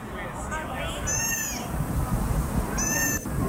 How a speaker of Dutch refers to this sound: Ja, dat is ook zo'n geluidje, een beetje miauwend. Dat kunnen ze ook maken.